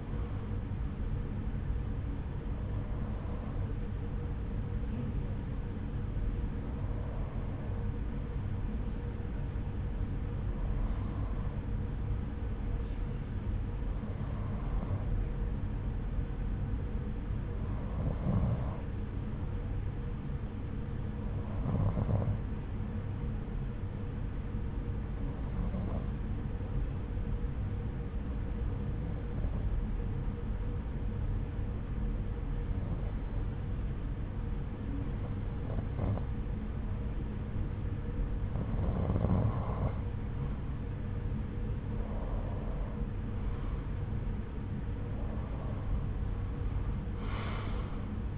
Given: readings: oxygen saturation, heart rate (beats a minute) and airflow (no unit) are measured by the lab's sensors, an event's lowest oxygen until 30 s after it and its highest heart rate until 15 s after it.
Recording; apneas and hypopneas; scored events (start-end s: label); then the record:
breathing in sleep by a smartphone at the bedside; 1
15.00-42.80 s: hypopnea (N1, oxygen 92% highest, then 90% lowest, heart rate 76 at the start, 85 highest)
From the record:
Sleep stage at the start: N1 (lightest sleep); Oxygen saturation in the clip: 90 to 92%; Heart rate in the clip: 72 to 85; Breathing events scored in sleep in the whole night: 303 in 8.1 hours asleep